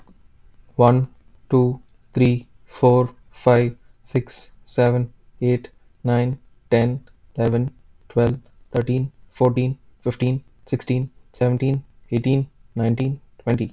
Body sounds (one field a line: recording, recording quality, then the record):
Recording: counting at a normal pace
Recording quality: excellent, no background noise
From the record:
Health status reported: healthy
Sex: male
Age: 24 years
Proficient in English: yes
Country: United States